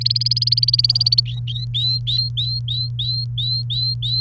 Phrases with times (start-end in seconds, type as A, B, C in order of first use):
0.01-1.20 A, 1.25-4.21 B